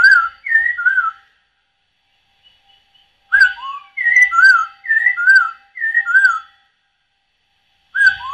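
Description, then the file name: Masked laughingthrush singing loud whistled phrases, mostly a high note dropping to a lower one, given in a string of several, then a pause and a fresh start. Song given during dance display; Indonesian name poksay hongkong. "suara tarian poksay hongkong"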